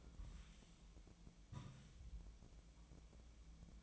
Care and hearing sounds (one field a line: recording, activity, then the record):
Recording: daily activity, microphone in the room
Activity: take from stove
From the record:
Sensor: 1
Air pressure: 1010.0 hPa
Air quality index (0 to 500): 187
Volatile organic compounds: 17 ppm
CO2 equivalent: 2567 ppm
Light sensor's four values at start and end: 38/98/41/50 and 38/97/41/49